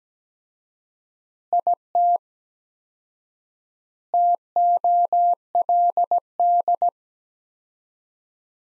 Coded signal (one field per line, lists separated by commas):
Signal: Morse code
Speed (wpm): 17 wpm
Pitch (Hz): 700 Hz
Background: none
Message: IT TOLD